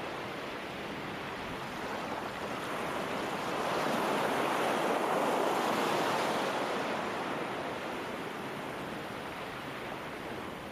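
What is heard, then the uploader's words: Ocean surf rolls in as a dense, steady wash of hiss across low and high sounds alike. A single broad swell builds from about three seconds, peaks around five to six, then eases back, with no distinct crashes or other sounds. Peaceful Ocean Sounds.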